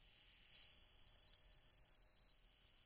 The world's cutest snore. It's a hummingbird snoring.